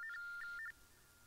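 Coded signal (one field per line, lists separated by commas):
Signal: RTTY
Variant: TTY/TDD Baudot, 45.45 baud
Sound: brief warbling two-tone teletype beeps alternating quickly, then a fading tone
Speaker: I recorded the beeps that are made when typing the characters which represent the image of a cat just like ASCII art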